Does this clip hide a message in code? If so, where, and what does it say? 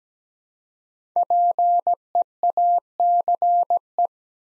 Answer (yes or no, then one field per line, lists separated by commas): yes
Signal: Morse code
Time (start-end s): 1.2-4.1 s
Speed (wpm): 17 wpm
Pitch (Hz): 700 Hz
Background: none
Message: PEACE